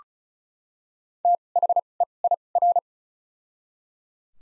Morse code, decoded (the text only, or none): THEIR